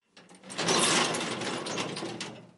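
A heavy iron prison cell door slides and rattles shut, a loud grinding, clattering mechanical sound lasting a couple of seconds with no voices.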